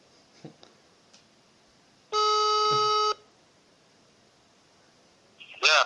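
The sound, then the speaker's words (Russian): A steady electronic phone tone sounds once for about a second, flat and harmonic-rich, a beep after the other party hangs up the phone call, with faint clicks before it and a brief rustle at the end. “Опять бросил, блядь, козел.”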